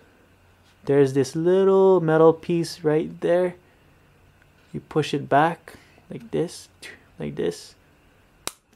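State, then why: Seated. Someone talks while pushing the small metal piece of the firing pin assembly back by hand in the slide of a KWC IMI Desert Eagle 50AE CO2 gas blowback airsoft pistol until it catches. A sharp click is heard at 8.5 s, showing that the firing pin has reset into position.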